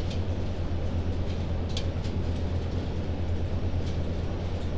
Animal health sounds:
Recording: poultry house recording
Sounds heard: no chicken sound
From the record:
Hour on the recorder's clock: 1

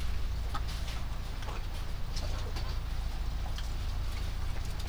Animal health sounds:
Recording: poultry house recording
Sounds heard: sick chickens (respiratory disease)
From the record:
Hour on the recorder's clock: 22

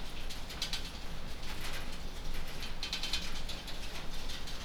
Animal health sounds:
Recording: poultry house recording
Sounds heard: no chicken sound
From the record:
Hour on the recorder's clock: 21

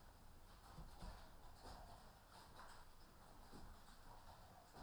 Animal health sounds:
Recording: poultry house recording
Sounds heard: healthy chickens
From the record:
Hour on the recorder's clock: 14

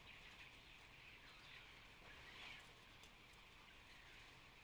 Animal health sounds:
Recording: poultry house recording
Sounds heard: healthy chickens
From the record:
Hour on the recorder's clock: 14

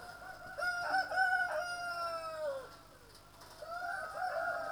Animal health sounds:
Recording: poultry house recording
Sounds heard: healthy chickens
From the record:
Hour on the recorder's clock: 0

